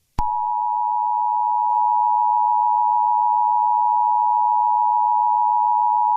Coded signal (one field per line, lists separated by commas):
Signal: Emergency Alert System (SAME) tones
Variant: 853 and 960 Hz attention tone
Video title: EAS Scenario #4: A Little Boy's Rampage